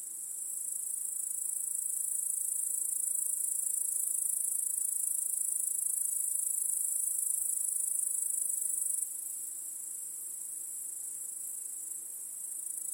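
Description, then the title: Crickets in a dense high trill, rising at the start, holding steady, then dropping suddenly in volume. Crickets chorusing in a home backyard at night. "Crickets in Your Backyard 🏡. Discovering the Sounds of Home"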